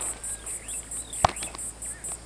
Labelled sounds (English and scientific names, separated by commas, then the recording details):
Superb Starling (Lamprotornis superbus) flight call
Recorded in Kenya